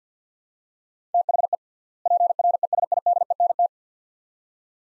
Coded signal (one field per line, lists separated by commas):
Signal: Morse code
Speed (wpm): 50 wpm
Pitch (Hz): 700 Hz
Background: none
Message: THE PRESIDENT